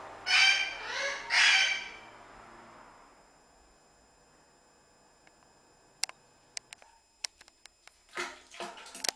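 Parrot squawks: three harsh, raspy calls in quick succession, then quiet with scattered sharp clicks and taps and a short burst of rough squawking at the end.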